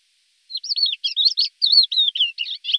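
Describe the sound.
Thekla's lark song, a short fluid phrase of slurred, warbled whistles and chirps run quickly together, with a clean, quiet background.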